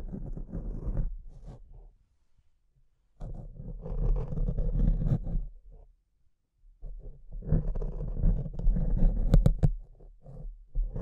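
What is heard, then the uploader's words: Mic scratching comes in three rough, rumbling bursts, around 0–1, 3–5 and 7–10 seconds, with sharp crackles near 9 seconds and silent gaps. ASMR Brain Melting Mic Scratching (No Talking).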